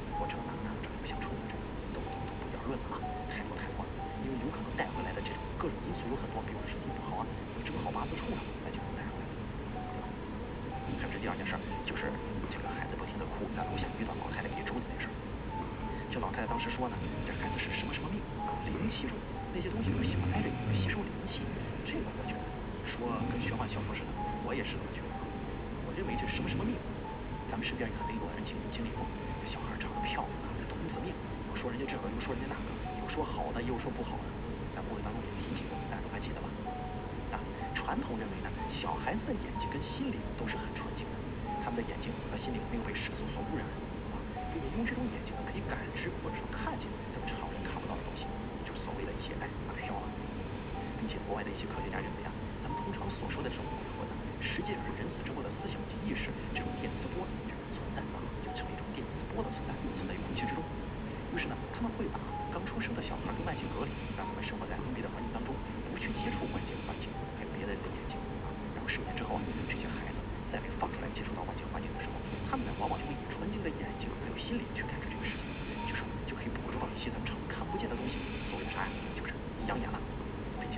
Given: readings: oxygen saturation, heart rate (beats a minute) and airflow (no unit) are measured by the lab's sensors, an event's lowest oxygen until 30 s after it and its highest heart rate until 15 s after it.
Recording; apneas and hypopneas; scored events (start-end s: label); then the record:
breathing in sleep by a voice recorder at the bedside; none
none scored
From the record:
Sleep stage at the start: N2 (light sleep); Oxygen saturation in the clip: 92 to 94%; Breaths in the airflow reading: 27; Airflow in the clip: -1.7 to 2.2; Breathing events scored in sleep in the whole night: 335 in 6.7 hours asleep